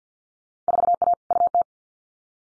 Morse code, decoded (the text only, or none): 4A UT